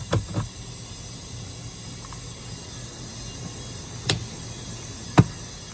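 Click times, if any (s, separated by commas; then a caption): 4.1 s, 5.2 s. A replacement plastic HVAC air vent grille, fixing a broken one, is pressed into the front passenger side dash vent opening of a Subaru Forester. After a couple of soft handling knocks near the start, it gives two sharp clicks at 4.1 s and 5.2 s. The grille is seated in the dashboard vent housing.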